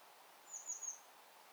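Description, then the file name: Eurasian blue tit giving a single thin, very high, drawn-out call note lasting about half a second, over a low steady background hiss. "Cyanistes caeruleus"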